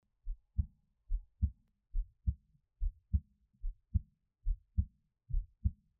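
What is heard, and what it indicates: Steady paired lub-dub thumps at about 70 beats a minute: a person's own adult heartbeat, heard up close, with no talking.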